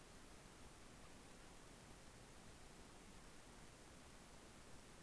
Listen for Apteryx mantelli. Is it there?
no